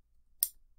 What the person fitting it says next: it also clicks into place very nice